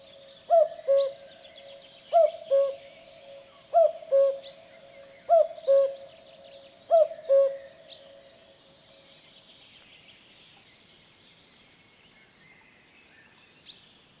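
Common cuckoo calling a clear, low cu-coo five times at steady intervals, then falling silent while other birds keep twittering and singing in the background.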